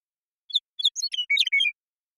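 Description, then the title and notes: Western meadowlark gives a flutelike song: paired whistled notes opening into a fast bubbling jumble that closes on a brief clear note, no other sounds. Song; recorded in the Pacific Northwest, Washington, United States; isolated and processed from the original with natural pace and rhythm kept. "Western Meadowlark, Sturnella neglecta, song, contact calls, and flush, isolated and processed from original, natural pace and rhythm maintained, family: Troupials and Allies Recorded in the beautiful Pacific Northwest in Washington, United States"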